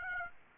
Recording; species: mosquito wingbeat signal from an infrared sensor; Aedes aegypti